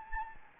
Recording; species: mosquito wingbeat signal from an infrared sensor; Anopheles gambiae